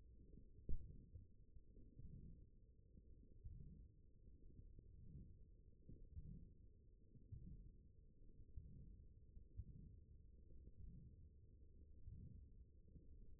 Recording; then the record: forearm muscle sounds (acoustic myography)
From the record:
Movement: forearm supination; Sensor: system 1, eight BSWA MPA416 microphones around the upper forearm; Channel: 1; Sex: male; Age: 21 years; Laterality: right